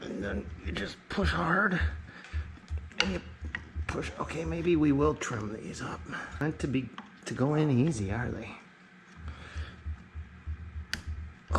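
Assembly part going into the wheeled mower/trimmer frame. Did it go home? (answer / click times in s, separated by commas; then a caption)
yes / 10.9 s, 11.6 s. A part is pushed hard into the frame of a wheeled DR Power mower/trimmer during assembly, while someone talks. Two sharp clicks at 10.9 s and 11.6 s mark it snapping into place, fully seated.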